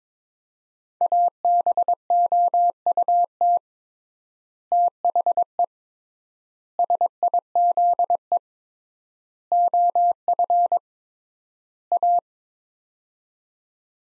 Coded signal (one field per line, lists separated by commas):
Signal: Morse code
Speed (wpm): 22 wpm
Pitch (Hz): 700 Hz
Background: none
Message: ABOUT THE SIZE OF A